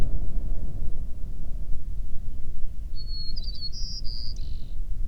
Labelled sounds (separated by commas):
songbird, wind